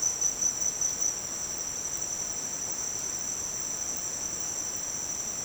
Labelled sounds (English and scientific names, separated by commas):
none